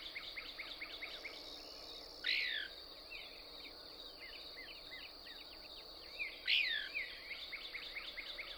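Couch's Kingbird with two loud, harsh, downslurred notes about four seconds apart, between quieter runs of quick twittering notes, over a constant high insect buzz.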